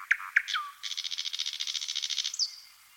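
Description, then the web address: Thrush nightingale song: two sharp clicks and a falling whistle lead into a fast rattling trill of rapid pulses, ending in a high whistle. Recorded in Aleksandrov, 15 May 2021, at 20:58. "Solovej obyknovennyj Luscinia luscinia - Penie. Solovej obyknovennyj Luscinia luscinia - Aleksandrov-2021-05-15-20 58"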